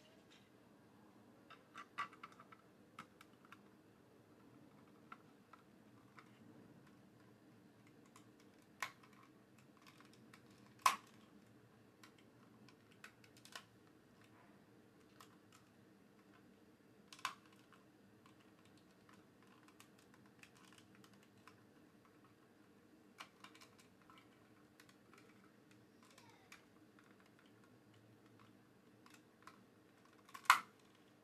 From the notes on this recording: Building a Lego set